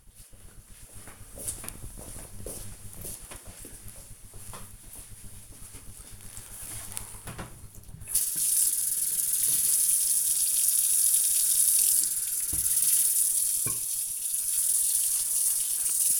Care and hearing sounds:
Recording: household activities, microphone on the right wrist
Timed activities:
8.61-16.20 s: washing dishes

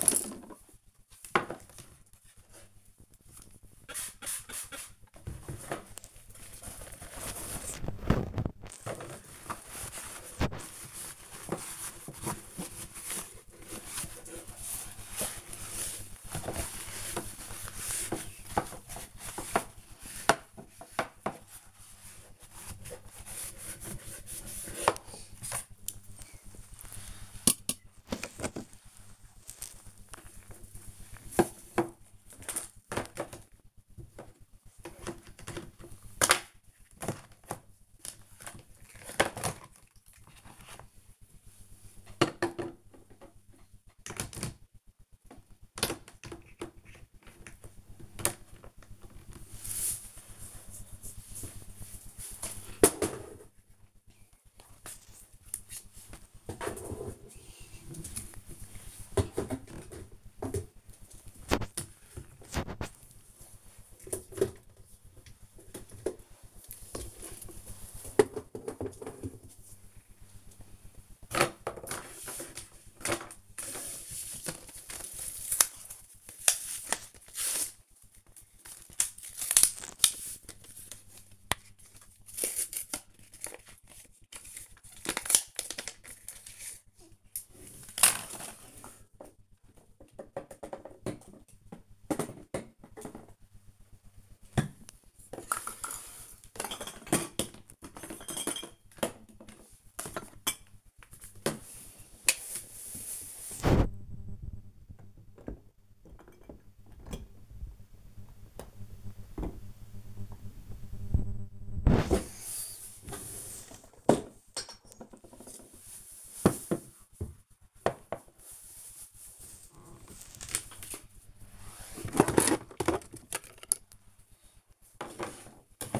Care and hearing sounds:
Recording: household activities, microphone on the right wrist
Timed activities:
0.00-4.66 s: tidy up the cupboard
10.70-36.89 s: cleaning the cupboard
38.90-126.00 s: tidy up the cupboard

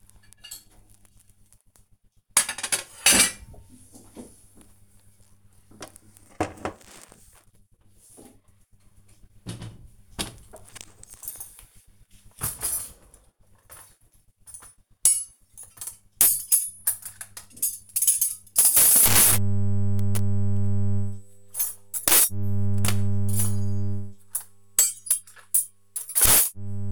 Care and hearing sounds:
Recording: household activities, microphone on the right wrist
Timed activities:
0.00-26.92 s: cleaning out the dishwasher

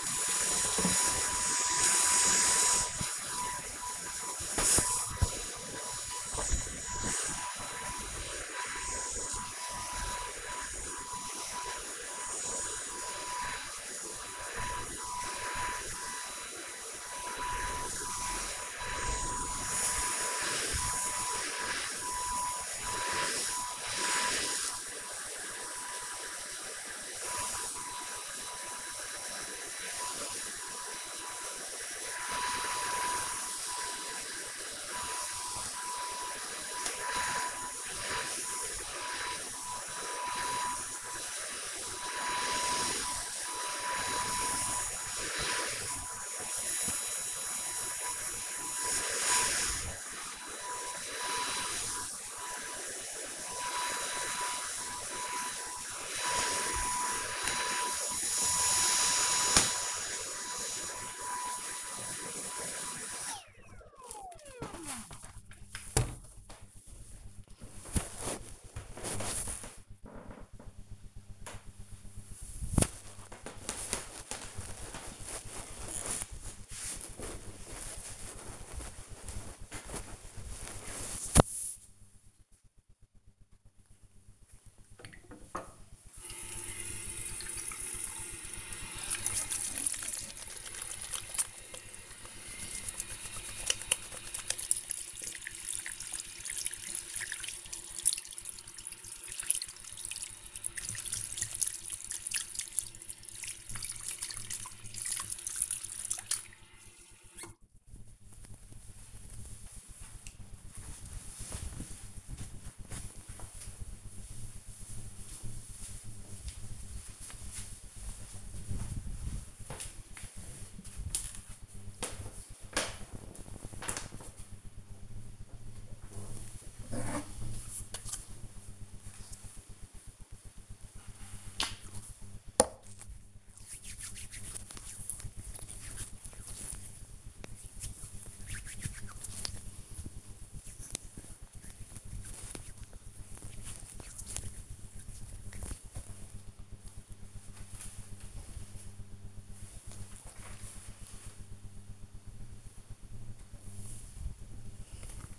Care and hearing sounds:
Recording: household activities, microphone on the right wrist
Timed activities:
0.00-63.67 s: vacuum cleaning
82.76-109.94 s: washing hands
125.03-145.16 s: cream hands
153.21-155.39 s: disinfecting hands

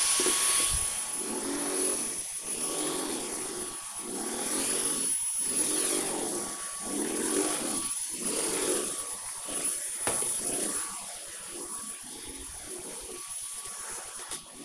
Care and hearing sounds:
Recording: household activities, microphone on the right wrist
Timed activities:
0.00-14.65 s: vacuum cleaning

